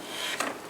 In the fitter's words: kind of lock into place